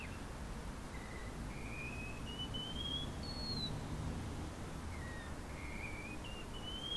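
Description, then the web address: Wallcreeper giving thin whistled notes that climb step by step in a rising series, then begin again low and rise, over steady background noise. "Wallcreeper. صدای-پرنده-دیوارخزک"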